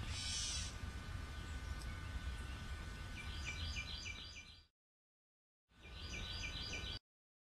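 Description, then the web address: Birds calling, short high chirps repeated in quick series, heard through a steady low rumble, with a brief silent break before the chirping resumes. Many birds calling; recorded on 23 February 2006 at 10:44 in the morning. "bexar Many Birds"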